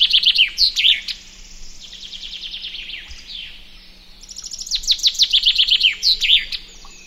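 Common chaffinch singing: the end of one phrase with an emphatic twirl, a softer descending series of notes, then one full loud phrase, a fast descending series of sharp notes closing with an emphatic twirl.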